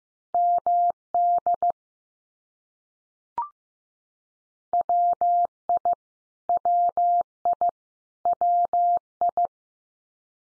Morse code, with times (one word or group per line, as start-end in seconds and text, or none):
0.3-1.7 MD
4.7-5.9 WI
6.5-7.7 WI
8.3-9.5 WI